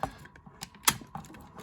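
A plastic arm panel on the Monocrat Megatank MT-01B transforming robot figure (Masterpiece Megatron, Bumblebee Movie concept) is pushed in while the arm is brought forward into the arm assembly. Several small plastic clicks and taps occur, and the loudest, sharp snap at 0.9 s is the panel seating into place.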